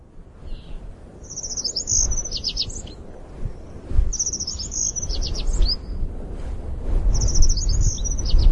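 Helan Mountain accentor repeating a high, rapid twittering phrase, three phrases in all, with low wind noise underneath.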